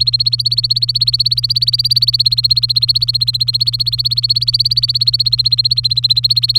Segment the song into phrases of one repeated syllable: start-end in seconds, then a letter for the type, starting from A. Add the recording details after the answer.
0.00-6.59 A. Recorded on 23 April 2018 at 17:29. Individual llb3